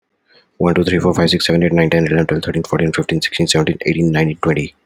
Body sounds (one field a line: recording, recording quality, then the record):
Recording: counting at a fast pace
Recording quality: excellent, no background noise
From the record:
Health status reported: healthy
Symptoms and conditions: asthma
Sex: male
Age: 30 years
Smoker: yes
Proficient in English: yes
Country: India